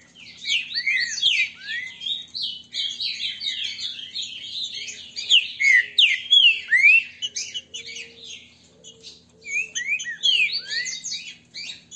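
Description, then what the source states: Green-winged saltator song: a dense run of quick slurred, downswept whistles and chips, rising and falling in bursts with short pauses, over a faint steady low hum. Singing and 'macheando'.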